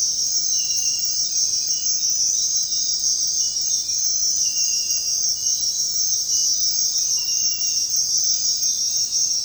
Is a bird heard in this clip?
no